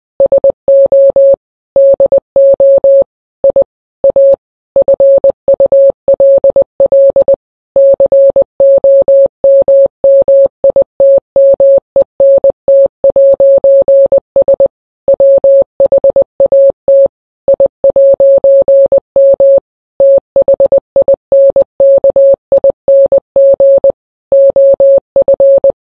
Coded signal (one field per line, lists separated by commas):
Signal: Morse code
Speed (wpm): 20 wpm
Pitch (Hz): 550 Hz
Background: none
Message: SO DO I A FULL COMMITMENT'S WHAT I'M THINKING OF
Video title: never going to give you up in Morse code ( the real one is 15 min long I made it shorter )